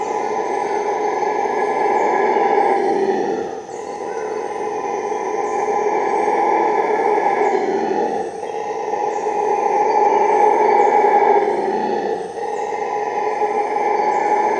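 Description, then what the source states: Howler monkey howls, hoarse and continuous, broken by brief pauses about every four seconds before the roaring resumes. Heard at midnight.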